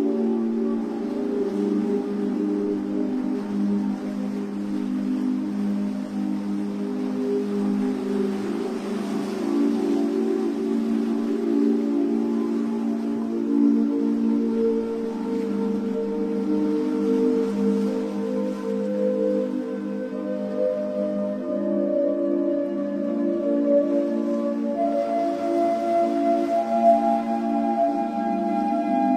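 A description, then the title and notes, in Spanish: Slow, relaxing music made of soft sustained tones, layered like a warm pad, with chords shifting gently every few seconds and higher notes rising in the second half. A faint hiss swells and fades a few times underneath, while the overall level stays steady. MÚSICA para DORMIR Profundamente con OLAS del Mar Relajantes. Una música relajante especialmente diseñada para ayudarte a dormir profundamente, acompañada de hermosos sonidos de olas del mar.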